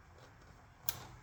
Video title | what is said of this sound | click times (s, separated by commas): 2022-2025 TOYOTA TACOMA 2.4L (T24A-FTS) Service Manifold Absolute Pressure (MAP) Sensor | Slide it into place, listen for the click. | 0.9 s